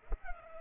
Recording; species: mosquito wingbeat signal from an infrared sensor; Culex pipiens